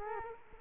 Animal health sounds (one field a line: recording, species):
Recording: mosquito wingbeat signal from an infrared sensor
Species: Culex quinquefasciatus